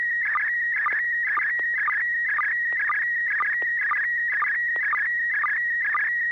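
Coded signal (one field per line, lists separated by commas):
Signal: SSTV (slow-scan television)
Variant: PD120 mode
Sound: warbling tone around 2 kHz with regular low sync blips, continuous whistling image tones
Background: low hum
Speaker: kl7 hqr if you're ready to go go ahead and transmit your picture now thank you [Music] i'm right here and good evening to cairo and you yes i'll be sending a picture on pdf 120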